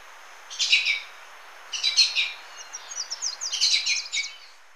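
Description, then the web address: Ochre-breasted tanager calls: three bursts of harsh, buzzy chattering, the last introduced by a quick series of sharp ticking notes, over a quiet background. Recorded in Ecuador. "Birds of Ecuador. Ochre-breasted Tanager"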